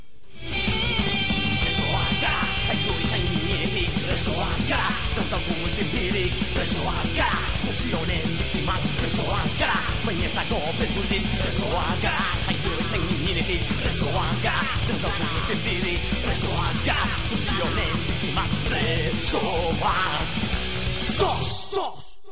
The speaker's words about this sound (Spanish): En ese momento, un exiliado palestino alzó en el escenario con una mano la bandera de su nación, mientras que con la otra realizaba el gesto de la victoria. Un gesto que recibió calurosos aplausos, seguidos de continuos gritos de Palestina Urrera.